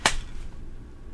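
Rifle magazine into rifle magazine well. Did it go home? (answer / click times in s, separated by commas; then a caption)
no / none. A Bulgarian-pattern steel and polymer magazine is pushed into the magwell of a Zastava M90 rifle, giving one sharp knock at about 0.1 s followed by low, quiet handling noise. Nothing has seated or clicked yet, and the magazine fails to lock in, with the magwell geometry suspected to be out of spec.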